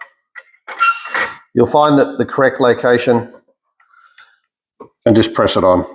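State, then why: Not seated. A plastic spiral auger assembly is slid over the drive shaft of an Icetro slush machine and positioned, with light ticks heard during the handling while someone talks. It has not yet been pressed home, and nothing has seated or clicked yet.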